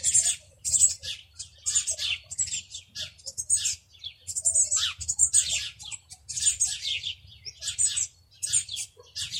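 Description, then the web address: Eurasian blue tit calling, with rapid high, scratchy twittering in repeated bursts over a faint low hum. "cianscape birddata Deverinetal 2025 File origin Bird Only Cy Ca"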